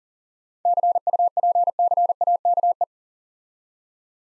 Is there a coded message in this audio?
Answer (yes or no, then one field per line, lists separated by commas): yes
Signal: Morse code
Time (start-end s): 0.7-2.8 s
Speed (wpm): 40 wpm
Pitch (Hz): 700 Hz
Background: none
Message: CUPCAKE